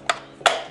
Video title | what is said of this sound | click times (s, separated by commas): Xflyee 17" Digital Wall Clock/Remote White/Blue Display Day/Date/Temp, Alarm, Up/Down Timer REVIEW | then down like that, and it locks in place. | 0.5 s